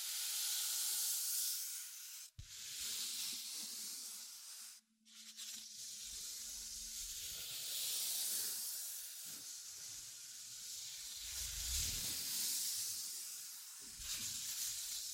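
Scratching and tracing fill the clip with a steady, dense hiss that swells and fades in slow waves. Soft low thumps come at irregular moments, and the sound cuts out briefly near two and five seconds before resuming.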